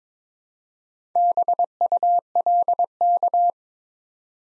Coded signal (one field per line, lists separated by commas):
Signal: Morse code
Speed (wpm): 22 wpm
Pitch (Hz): 700 Hz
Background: none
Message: BULK